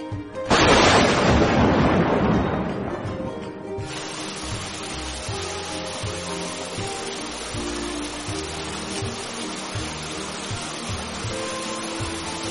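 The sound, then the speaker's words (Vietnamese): A loud crack and rolling rumble of thunder opens, fading over a few seconds into a steady, dense hiss of heavy rain pouring down with faint low tones beneath. “Mưa lớn trút xuống tầm tã, trong nháy mắt có thể làm người ướt nhẹp.”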